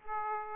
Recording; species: mosquito wingbeat signal from an infrared sensor; Aedes aegypti